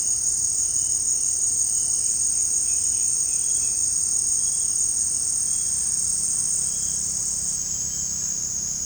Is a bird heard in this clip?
no